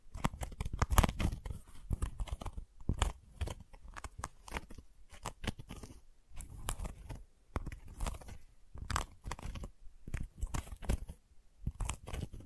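Gentle scratching comes in irregular clusters of quick, dry strokes, each a crisp rasp with a soft low thump beneath. Bursts run a second or two with short quiet pauses between them, busiest near the start and steadier toward the end.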